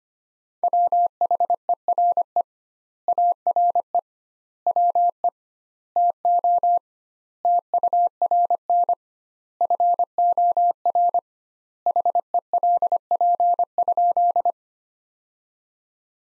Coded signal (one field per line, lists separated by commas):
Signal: Morse code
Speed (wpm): 25 wpm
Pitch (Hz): 700 Hz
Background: none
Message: WHERE ARE WE TO TURN FOR HELP?